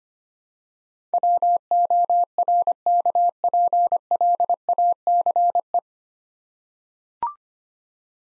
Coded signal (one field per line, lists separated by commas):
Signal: Morse code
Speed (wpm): 25 wpm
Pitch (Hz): 700 Hz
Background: none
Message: WORKPLACE